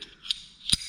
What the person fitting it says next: here's that click now it's in place